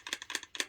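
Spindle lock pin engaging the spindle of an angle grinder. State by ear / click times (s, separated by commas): seated / 0.6 s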